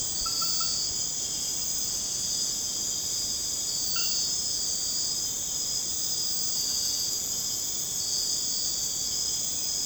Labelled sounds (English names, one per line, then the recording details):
none
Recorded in secondary vegetation near Puerto Asís, Putumayo, Colombia, on 21 March 2025 at 01:00
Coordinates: 0.485, -76.322
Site G040